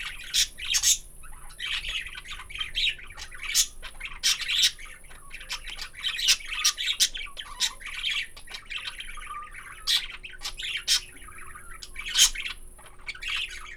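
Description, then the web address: Budgerigar chatter, continuous scratchy chirps and clicks mixed with sharp tweets, sometimes bursting louder every second or two, steady lively warbling. "allathangok parasztudvar hullamospapagaj papagaj csiviteles"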